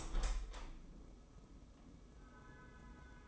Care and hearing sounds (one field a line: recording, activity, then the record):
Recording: daily activity, microphone in the room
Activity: open window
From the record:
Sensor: 1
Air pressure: 995.7 hPa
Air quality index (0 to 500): 44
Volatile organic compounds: 1 ppm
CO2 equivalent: 762 ppm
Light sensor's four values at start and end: 30/103/39/41 and 30/104/40/42